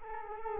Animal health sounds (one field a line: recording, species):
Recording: mosquito wingbeat signal from an infrared sensor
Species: Culex quinquefasciatus